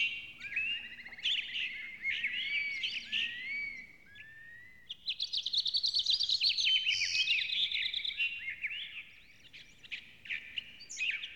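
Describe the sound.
Bird song of fast twittering phrases and sweeping whistles, with a rapid rattling trill in the middle and steady warbling throughout.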